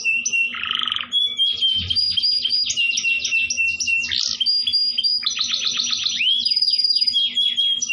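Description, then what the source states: Canary singing a fast, varied medley of trills, sharp chirps and pure whistled notes, with rolling buzzy passages and brief lower warbles; a low steady hum in the background. Canary performing an elaborate song style locally called cengkok.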